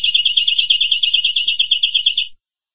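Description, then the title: Domestic canary giving a quick, high, chattering trill of many repeated notes lasting just over two seconds. "Kenari"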